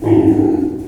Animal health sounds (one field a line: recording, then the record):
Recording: squeal of a Yucatan mini pig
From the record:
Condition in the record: before surgery on the right vocal fold (resection and tissue-engineered implant)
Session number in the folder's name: 1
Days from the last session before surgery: -21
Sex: female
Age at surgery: 19 weeks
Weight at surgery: 25 kg